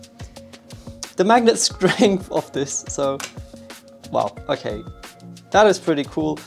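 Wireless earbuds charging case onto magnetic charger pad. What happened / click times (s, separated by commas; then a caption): The small case snapped onto the magnetic charging pad / 1.0 s. A plastic Apple AirPods Pro wireless earbuds case is brought to the magnetic MagSafe charging puck of a 3-in-1 charger and pulls in with one sharp snap at 1.0 s, seating nice and tight. Someone talks over music playing underneath.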